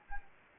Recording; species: mosquito wingbeat signal from an infrared sensor; Anopheles gambiae